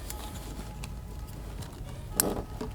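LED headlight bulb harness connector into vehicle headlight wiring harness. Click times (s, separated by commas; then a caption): 2.2 s. An LED headlight bulb's wire harness is pushed into a 2003-2009 4Runner's plastic headlight wiring harness connector until it latches. A few faint taps come before a sharp, bright click at 2.2 s, which stands well above the low background. The connector seats and clicks in.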